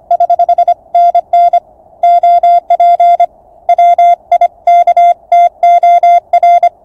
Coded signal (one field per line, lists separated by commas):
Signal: Morse code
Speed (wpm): 25 wpm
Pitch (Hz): 700 Hz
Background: music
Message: <HH> NN OP WIKTOR